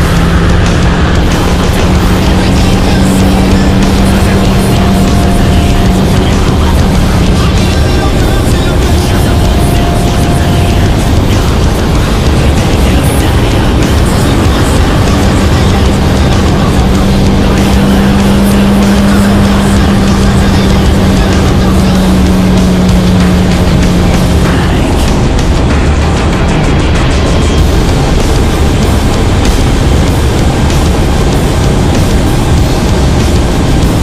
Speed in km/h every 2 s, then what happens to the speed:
183, 197, 201, 193, 187, 186, 191, 199, 202, 210, 201, 191, 183, 182, 187, 189, 186.
0-3 speeds up to 201. 3-10 slows to 186. 10-18 speeds up to 210. 18-24 brakes to 183. 24-34 steady at about 186.